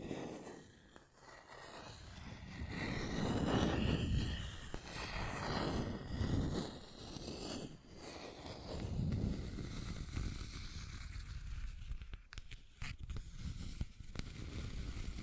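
Scratching and tracing sounds rub along in uneven strokes, swelling and fading every second or two with low rough scraping that is loudest around four and seven seconds. After ten seconds the strokes turn thinner and lighter, broken by a few short sharp clicks near twelve to fourteen seconds.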